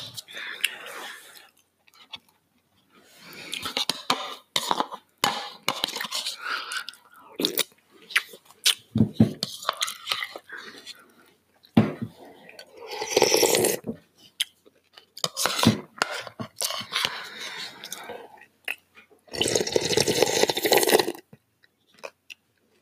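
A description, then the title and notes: Someone eats cereal in bursts of crunchy chewing with clinks of a spoon, pausing between mouthfuls, and a longer crunchy stretch near twenty seconds. Cereal eating. Today's cereal is HONEY BUNCHES OF OATS.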